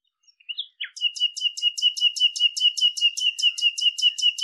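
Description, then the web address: Bird call: a rising note, then a steady trill studded with sharp high chirps repeated several times per second. "cianscape birddata Deverinetal 2025 Bird Lu Me Lu Me"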